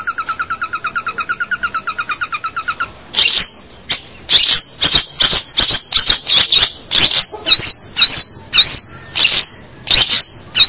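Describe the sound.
Bird sound opening with a rapid buzzy rattle of repeated notes, then a series of sharp high chirps.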